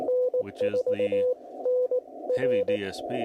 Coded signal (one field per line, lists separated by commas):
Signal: Morse code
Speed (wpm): 18 wpm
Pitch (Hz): 500 Hz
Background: speech, radio noise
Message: N4NR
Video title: AI Morse Code Clarity? | CW | Ham Radio